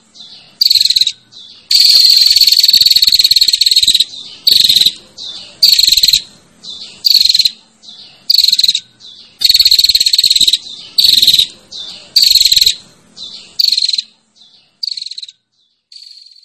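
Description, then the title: Prinia with harsh buzzing calls: long drawn-out bursts mixed with shorter repeated ones, tailing off into quieter notes near the end. Female calling to the male, in the buzzy 'ngecirrr' style. "Suara Prenjak Betina Ngecirrr Memanggil Prenjak Jantan"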